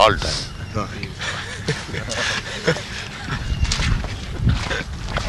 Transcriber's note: laughter